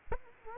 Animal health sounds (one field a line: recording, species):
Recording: mosquito wingbeat signal from an infrared sensor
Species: Culex quinquefasciatus